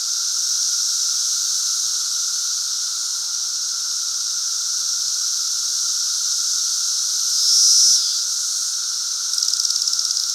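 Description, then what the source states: Periodical cicadas in massed chorus, an unbroken shrill hiss with a steady drone beneath, a brief louder shrill surge near eight seconds, then rapid pulsed buzzing at the close. Central Illinois, 2024 cicada super bloom.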